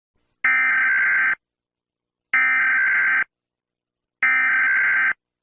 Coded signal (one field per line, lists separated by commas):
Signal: Emergency Alert System (SAME) tones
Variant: header bursts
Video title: Brookhaven Tornado EAS Scenario